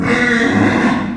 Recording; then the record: squeal of a Yucatan mini pig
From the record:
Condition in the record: after surgery on the right vocal fold (resection and tissue-engineered implant); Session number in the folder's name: 4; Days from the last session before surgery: 26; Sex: female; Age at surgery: 19 weeks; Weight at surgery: 25 kg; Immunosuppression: prednisolone